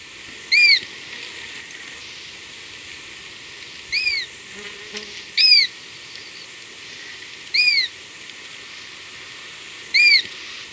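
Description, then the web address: Many-striped canastero giving short arched, ringing notes with a harmonic overtone, spaced irregularly every one and a half to three and a half seconds over a steady soft hiss. Recorded in Ecuador. "Birds of Ecuador 2. Many-Striped Canastero"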